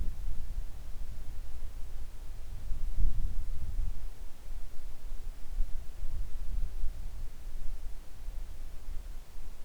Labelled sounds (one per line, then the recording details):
wind
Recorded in the Arctic National Wildlife Refuge, Alaska, on 3 August 2019 at 10:38
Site 41